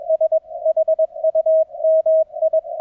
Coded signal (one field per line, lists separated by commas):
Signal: Morse code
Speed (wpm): 21 wpm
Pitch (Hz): 640 Hz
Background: none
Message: S HU MI